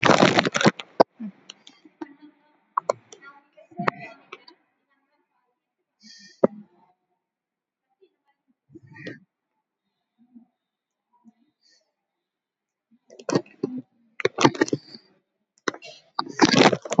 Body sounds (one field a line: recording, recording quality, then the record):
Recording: deep breathing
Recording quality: poor, much background noise or distortion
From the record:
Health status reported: COVID-19 positive, mild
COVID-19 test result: positive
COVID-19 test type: RT-PCR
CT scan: not taken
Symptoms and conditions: cough, fever, muscle pain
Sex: male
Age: 83 years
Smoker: no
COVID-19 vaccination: both doses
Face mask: not worn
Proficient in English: yes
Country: India